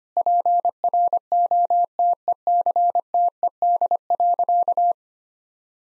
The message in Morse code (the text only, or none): PROTECTED.